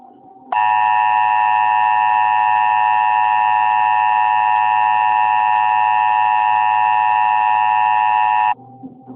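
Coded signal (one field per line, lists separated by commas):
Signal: Emergency Alert System (SAME) tones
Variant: 853 and 960 Hz attention tone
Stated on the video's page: Mock EAS alert, not a real broadcast.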